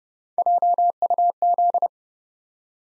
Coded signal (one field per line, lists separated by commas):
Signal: Morse code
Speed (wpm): 29 wpm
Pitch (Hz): 700 Hz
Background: none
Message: JUZ